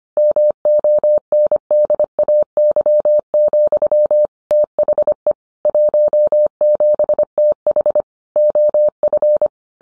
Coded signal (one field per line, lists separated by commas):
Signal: Morse code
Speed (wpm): 25 wpm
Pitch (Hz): 600 Hz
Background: none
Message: MONDAY, THE 17TH OF